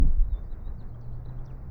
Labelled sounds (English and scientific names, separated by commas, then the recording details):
House Finch (Haemorhous mexicanus) song
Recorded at Atlantic Beach West on Long Island, New York, on 2 June 1975
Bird E